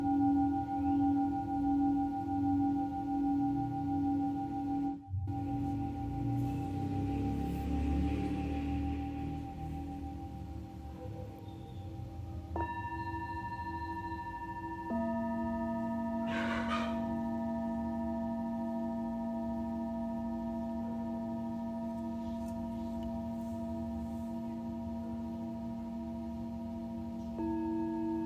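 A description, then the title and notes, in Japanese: Singing bowls ring in a sound-healing session, their pure tones sustaining over a low hum. After a brief dropout near five seconds, new bowls are struck around 12 and 15 seconds, stacking fresh pitches that hold steadily to the end, with a soft rustle near 16 seconds. メキシコから シンギングボウルのサウンドヒーリング ライブ。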